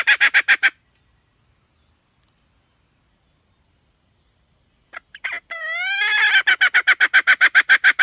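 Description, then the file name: Red junglefowl hen: a burst of rapid clucks, a long silence, then scattered clucks, a rising stretched squawk and another steady run of fast clucks. "tieng ga mai rung"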